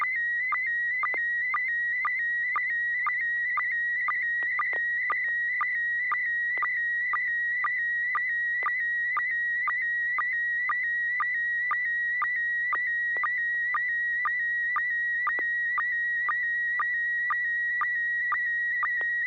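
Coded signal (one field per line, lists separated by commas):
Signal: SSTV (slow-scan television)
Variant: PD120 mode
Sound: steady high warbling tone with a quick low blip about twice a second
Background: low hum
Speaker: okay this will be pd120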